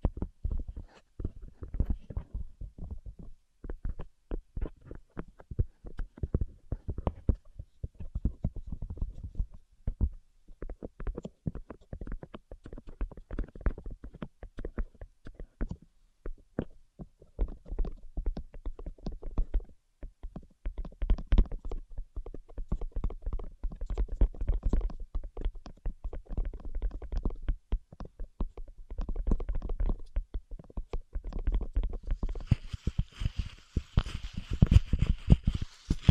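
Tapping sounds fill the recording, dense clusters of quick, irregular taps with a soft, low, thumping body that comes in bursts with brief pauses between them. Near the end, around the last few seconds, a brighter hiss joins the tapping.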